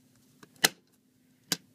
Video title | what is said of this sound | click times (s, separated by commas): How to install CCFL Angel Eyes into MONSTER shrouds | And all three of them will snap right in. | 0.6 s, 1.5 s